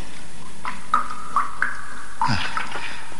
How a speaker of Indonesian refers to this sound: Tetesan air yang jatuh membentuk sungai kecil.